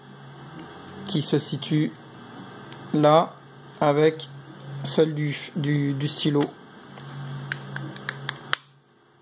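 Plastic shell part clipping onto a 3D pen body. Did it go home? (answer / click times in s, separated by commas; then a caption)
yes / 8.5 s. Someone talks while the plastic shell of a DOODLE 3D pen, its small notch lined up with the one on the pen body, is pressed back onto the body. A run of small clicks from about 7.5 s ends in a loud, sharp snap at 8.5 s as the housing snaps shut and seats, with both small lugs in their holes.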